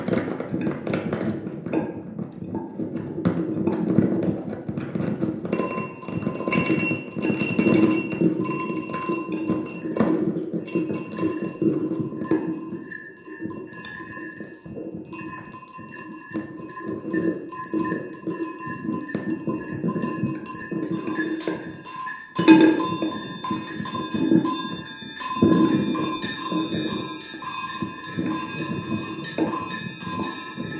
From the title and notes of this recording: Tabletop improv with contact mic. Improvisation using a table top full of junk and a contact mic in my music room in Patea.